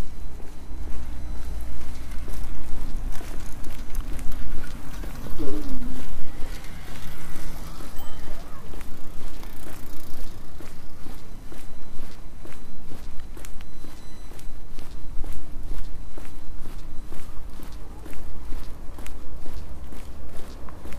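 Footsteps of someone walking, a steady series of sharp clicks that runs throughout and grows more regular and frequent in the second half. A low rumble sits underneath, and around five to eight seconds brief murmurs of voices and other faint sounds rise up.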